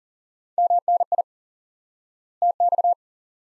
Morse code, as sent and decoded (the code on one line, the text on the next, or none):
-- -. .. / - -..-
MNI TX